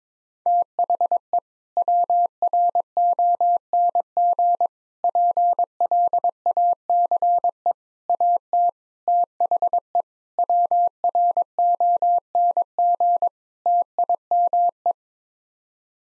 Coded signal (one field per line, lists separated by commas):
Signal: Morse code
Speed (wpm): 22 wpm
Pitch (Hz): 700 Hz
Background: none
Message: THE WRONG PLACE AT THE WRONG TIME